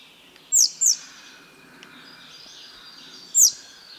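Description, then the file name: Great tit calls: very high, sharp downslurred notes, a quick pair followed later by a single one, over a soft hiss with faint bird chatter. "Parus major"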